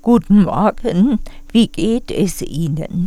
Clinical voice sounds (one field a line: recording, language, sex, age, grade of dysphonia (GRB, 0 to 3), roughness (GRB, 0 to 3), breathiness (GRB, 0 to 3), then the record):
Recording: spoken sentence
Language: German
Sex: female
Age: 60 to 69 years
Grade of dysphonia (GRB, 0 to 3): 3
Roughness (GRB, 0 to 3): 1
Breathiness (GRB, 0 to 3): 0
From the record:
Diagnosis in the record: bulbar palsy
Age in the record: 69 years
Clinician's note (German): Verdacht auf Bulbärparalyse